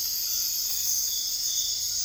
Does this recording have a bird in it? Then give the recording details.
no. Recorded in dense forest near Puerto Asís, Putumayo, Colombia, on 18 February 2024 at 04:30. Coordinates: 0.485, -76.318. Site G6408